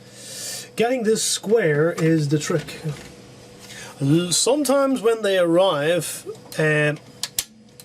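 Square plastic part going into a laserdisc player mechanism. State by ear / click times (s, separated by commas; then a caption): seated / 7.2 s, 7.4 s. A square plastic part is pushed into position in the mechanism of a Pioneer CLD-D390 laserdisc player during reassembly. Someone talks for most of the clip, then two sharp clicks are heard at 7.2 and 7.4 seconds as the part seats.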